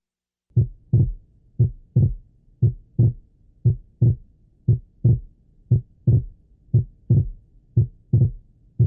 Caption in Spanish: Durante la expiración existe un desdoblamiento que se vuelve más notable en la inspiración.